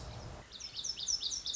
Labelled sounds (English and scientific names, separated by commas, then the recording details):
Lazuli Bunting (Passerina amoena)
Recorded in Sonoma County, California